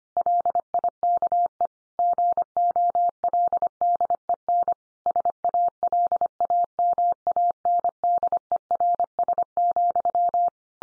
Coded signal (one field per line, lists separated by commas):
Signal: Morse code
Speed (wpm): 25 wpm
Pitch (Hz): 700 Hz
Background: none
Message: LIKE GOLDEN SALAMANDERS,